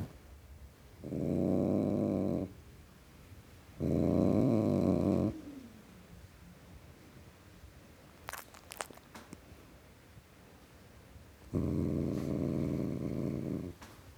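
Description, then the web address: Domestic cat growling in three short, even bouts separated by quiet stretches, with a few faint taps in between. Male (tom) domestic cat, growling. "BBC Sound Effects Library - Cats Tom Cat Growling"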